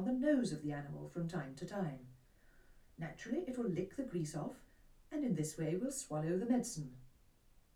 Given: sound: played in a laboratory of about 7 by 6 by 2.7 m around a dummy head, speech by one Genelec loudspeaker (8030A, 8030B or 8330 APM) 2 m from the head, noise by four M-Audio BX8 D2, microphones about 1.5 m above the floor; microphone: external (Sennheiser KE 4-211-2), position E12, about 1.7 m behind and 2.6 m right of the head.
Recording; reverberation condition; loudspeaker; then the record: female speech in English; low; in front (0 degrees)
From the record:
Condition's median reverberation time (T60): about 310 ms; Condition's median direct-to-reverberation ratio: about 3.5 dB